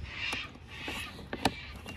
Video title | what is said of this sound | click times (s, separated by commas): Pt3 Easy BMW X3 X4 Door handle replace inner inside armrest door close puller | you'll hear it feel it click and we clip that in under there | 1.3 s, 1.5 s